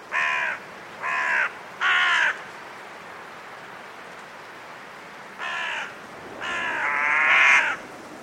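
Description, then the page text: Carrion crows calling with rasping caws, three evenly spaced at the start, then a pause and a few more overlapping harsh calls over wind. Five carrion crows in trees before roosting, during a blustery force 6 wind, in winter at Woodchester Park, Gloucestershire. "A group of five Carrion Crows in the trees, before roosting, during a blustery force 6 wind. Recorded in winter at Woodchester Park, Gloucestershire by Richard Margoschis. British Library"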